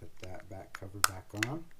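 The plastic battery back cover of a Cadillac key fob is being handled and brought back toward the fob housing after a battery change, while someone talks. Nothing has seated or clicked yet; the cover is not home by the end of the clip.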